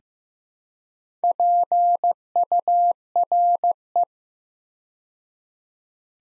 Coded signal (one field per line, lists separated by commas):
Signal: Morse code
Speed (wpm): 15 wpm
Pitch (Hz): 700 Hz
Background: none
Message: PURE